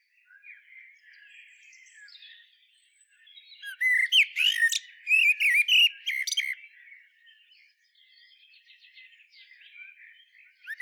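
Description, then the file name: Common blackbird song: quiet rambling warble rising into a loud burst of mellow whistles and shrill twittering, then fading back to soft subdued notes. "Turdus merula"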